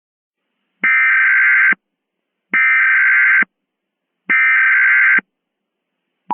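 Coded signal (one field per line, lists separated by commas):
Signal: Emergency Alert System (SAME) tones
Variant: header bursts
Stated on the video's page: Fictional mock EAS scenario using valid EAS tones.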